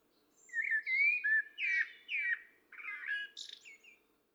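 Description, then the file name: Common blackbird singing one phrase of rich, whistled notes that slide and warble, finishing with a sharp, high squeaky flourish. "Turdus merula"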